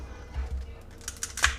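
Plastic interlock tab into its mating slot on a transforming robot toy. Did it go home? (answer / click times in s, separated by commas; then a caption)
yes / 1.4 s. A very tight, trapezoid-shaped plastic interlock tab on a transforming robot toy is pushed fully home into its mating slot. Low handling noise and a few small plastic ticks near 1.1 and 1.2 seconds lead to a sharp, bright snap at 1.4 seconds, when the interlock seats.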